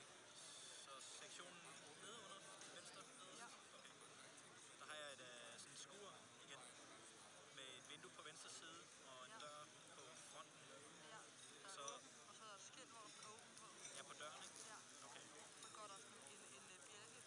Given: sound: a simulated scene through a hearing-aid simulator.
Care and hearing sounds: conversation; cafeteria; 0 dB SNR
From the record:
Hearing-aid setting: I (fast-acting compression, audibility-based gain); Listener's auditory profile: A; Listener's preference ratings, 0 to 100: 57, 73, 13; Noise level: 65 dB SPL

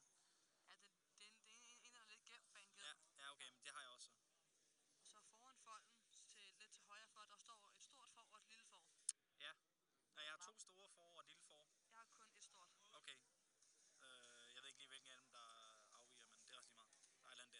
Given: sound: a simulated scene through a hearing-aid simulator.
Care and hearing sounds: conversation; quiet; 55 dB SPL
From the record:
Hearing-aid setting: IV (slow-acting compression, loudness normalization); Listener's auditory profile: C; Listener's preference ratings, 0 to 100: 93, 92, 79

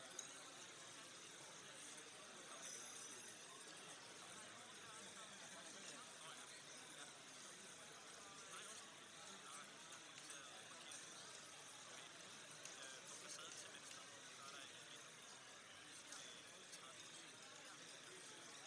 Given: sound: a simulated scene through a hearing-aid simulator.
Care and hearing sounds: conversation; cafeteria; -6 dB SNR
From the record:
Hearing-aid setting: anchor resembling a broken hearing aid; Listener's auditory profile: C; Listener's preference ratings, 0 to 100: 4, 2, 1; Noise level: 65 dB SPL

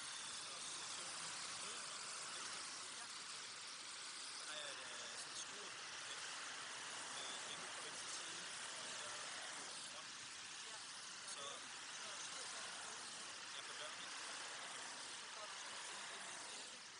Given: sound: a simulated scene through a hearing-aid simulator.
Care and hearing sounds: conversation; traffic; -6 dB SNR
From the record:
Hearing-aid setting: anchor resembling a broken hearing aid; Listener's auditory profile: B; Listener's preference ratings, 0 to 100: 4, 10, 3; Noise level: 75 dB SPL

